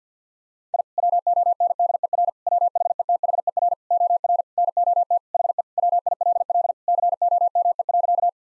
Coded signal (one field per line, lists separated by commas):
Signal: Morse code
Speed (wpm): 50 wpm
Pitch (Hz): 700 Hz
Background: none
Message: I WONDER WHETHER OR NOT HE WILL COME.